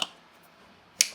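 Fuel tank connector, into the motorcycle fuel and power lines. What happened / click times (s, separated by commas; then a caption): The connector clicked home / 0.0 s, 1.0 s. On a Yamaha Tenere 700 being fitted with a Safari tank, the second of the two tank connections (power and fuel outlet) is pushed home into the motorcycle's fuel and power lines. Two sharp clicks sound at 0.0 s and 1.0 s, the second much louder, with near silence between them. The connector is seated and confirmed on.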